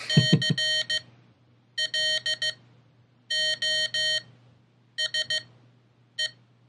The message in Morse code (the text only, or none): CLOSE